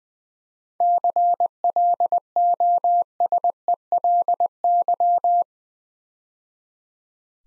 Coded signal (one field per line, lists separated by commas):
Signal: Morse code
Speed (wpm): 21 wpm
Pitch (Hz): 700 Hz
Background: none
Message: CLOSELY